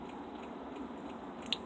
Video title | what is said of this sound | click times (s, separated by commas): CompaqPi : Classic Compaq PC to Raspberry Pi conversion : Part 1 | play it's locked into place so | 1.5 s